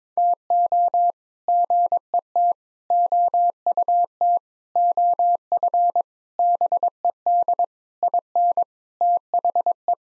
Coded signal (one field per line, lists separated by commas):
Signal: Morse code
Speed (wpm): 22 wpm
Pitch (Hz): 700 Hz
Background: none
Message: TO GET OUT OF BED IN THE